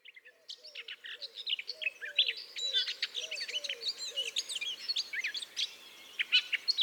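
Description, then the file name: Eurasian blackcap song: a long, rambling warble of scratchy and fluty high notes, with soft, low repeated notes in the background. "Sylvia atricapilla"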